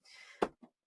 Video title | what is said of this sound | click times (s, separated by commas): How to Hoop for Embroidery | and now it's gone did you hear that go so just make sure it's pressed in firmly | 0.4 s